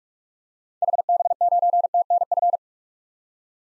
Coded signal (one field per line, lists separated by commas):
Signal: Morse code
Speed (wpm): 43 wpm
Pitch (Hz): 700 Hz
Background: none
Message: HB9TNF